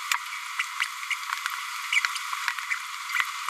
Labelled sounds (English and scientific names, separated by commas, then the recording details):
Green-rumped Parrotlet (Forpus passerinus) babbling
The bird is a female
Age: 28 days
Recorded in a nest box in Venezuela
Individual 17B102A5